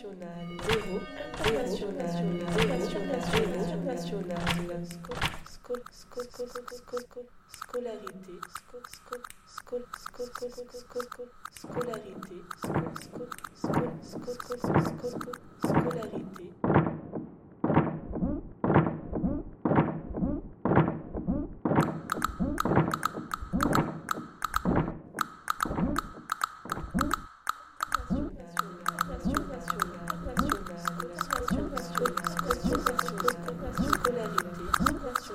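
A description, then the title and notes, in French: A walk through the corridors of a crafts school, opening with voices and resonant ringing tones. Midway, a steady run of regular knocks or taps dominates, then a sustained high whine and busy clatter fill the final stretch. Balade mélodieuse, les couloirs chantent. Sons récoltés à l'école Boulle uniquement.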